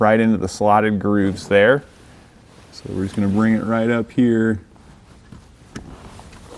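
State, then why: Seated. Someone talks while bringing the plastic wiring harness plug of a Redarc Tow-Pro Elite trailer brake controller, its slotted grooves lined up, up to the dash connector of a 2015 Chevrolet Silverado 1500. After the talking stops, a single sharp click sounds at 5.8 s as the connector is pushed in and seats.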